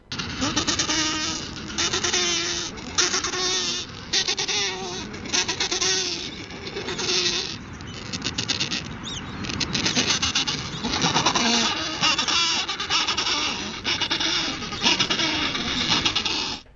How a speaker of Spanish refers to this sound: Es un pingüino. Es un pingüino de la especie Adélie que vive en la Antártida.